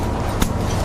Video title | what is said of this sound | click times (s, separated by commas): SUV Campers GT Mega Slideout | until it clicks into the locking pins | 0.4 s